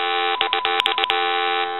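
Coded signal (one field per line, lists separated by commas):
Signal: none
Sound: a speakerphone's volume beeps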